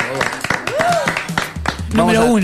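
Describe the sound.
A brief burst of audience applause, with scattered sharp claps running throughout, mixed with voices and rising, whooping cheers over the top.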